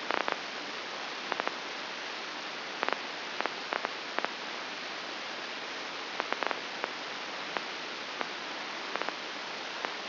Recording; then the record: brain microelectrode recording played as sound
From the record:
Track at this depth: outside the subthalamic nucleus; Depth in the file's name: 7.66 mm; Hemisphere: left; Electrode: 2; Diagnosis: Parkinson's disease